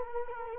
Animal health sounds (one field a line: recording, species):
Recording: mosquito wingbeat signal from an infrared sensor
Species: Culex quinquefasciatus